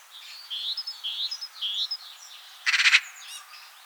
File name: Pica pica 121016